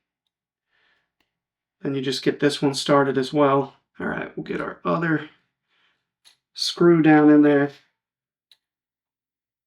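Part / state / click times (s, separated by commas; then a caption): mount screw into red dot rib mount on shotgun / seated / 8.5 s. Someone talks while turning a small mounting screw backwards in a Meadow Creek red dot mount on a shotgun's vent rib, which holds a Hawke Endurance Reflex Sight. A single sharp tick is heard at 8.5 s as the thread start drops into place, showing the threads have lined up and the screw is seated, ready to be screwed in.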